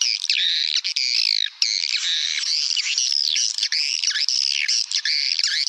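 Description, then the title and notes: Bird song, a dense, continuous stream of harsh squawks and chattering, warbled phrases, high and varied, with only brief pauses. "Bird Sound. Kicau Burung Lengkap"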